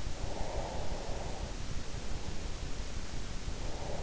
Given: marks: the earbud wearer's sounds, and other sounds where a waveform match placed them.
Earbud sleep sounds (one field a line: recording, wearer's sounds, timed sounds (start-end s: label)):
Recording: sounds in sleep by an in-ear microphone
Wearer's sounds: breath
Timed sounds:
0.00-1.91 s: breath
3.46-4.03 s: breath